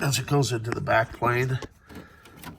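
A NeXT Cube 68040 motherboard, recapped and fitted with 64 MB of RAM, is pushed into the computer's backplane connector while someone talks. Faint low rustling follows, but no click is heard, and the board has not yet seated in the backplane.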